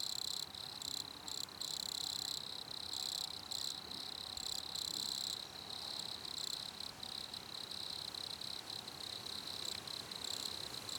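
Cricket chirping in high, buzzy pulsed trills that start and stop irregularly, with a steady low rushing background noise.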